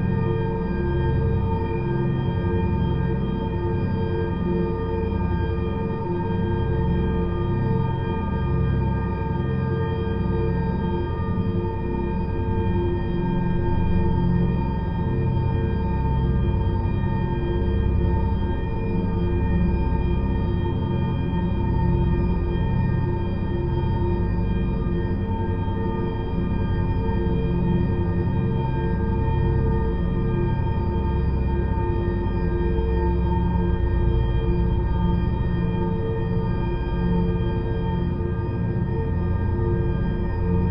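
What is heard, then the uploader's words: A steady drone texture holds in near stasis for the whole length, with a dense low rumble that pulses and churns underneath. Fixed ringing tones stack above it, metallic like a bowl or gong, and the loudness stays even throughout, without breaks or events. Granulator Slices. Textures, drones, noise, stasis.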